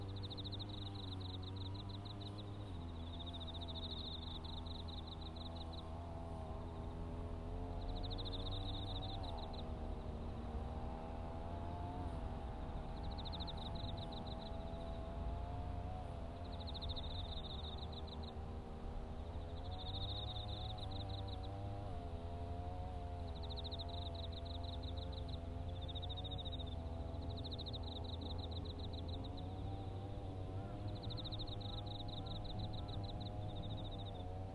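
Grass cutting in a sweet potato field: a grass cutter's engine drones steadily throughout, low and humming with a slight wavering pitch. Over it, autumn insects repeat short, bright buzzing trills every two to three seconds.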